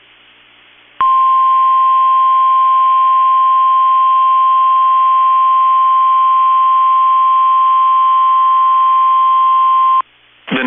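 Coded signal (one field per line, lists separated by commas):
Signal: Emergency Alert System (SAME) tones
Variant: 1050 Hz attention tone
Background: speech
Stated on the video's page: NOAA Weather Radio EAS alerts for a Wisconsin severe storm outbreak, from stations in Minneapolis, Milwaukee and Ladysmith.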